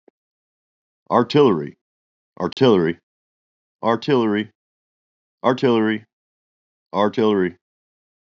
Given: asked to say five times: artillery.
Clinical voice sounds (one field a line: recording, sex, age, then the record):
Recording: repeated word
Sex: male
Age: 40 to 49 years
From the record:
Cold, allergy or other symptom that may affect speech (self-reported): no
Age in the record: 42 years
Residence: South Carolina, United States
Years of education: 16